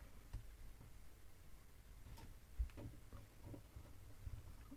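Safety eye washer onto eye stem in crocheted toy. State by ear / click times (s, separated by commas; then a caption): seated / 2.7 s. A plastic locking washer is pushed onto the stem of a safety eye through the crocheted chenille fabric of an amigurumi chick, with faint rustling and small taps as it goes on. A short, sharp click at 2.7 s marks the washer locking home, confirming it is seated and holds firmly.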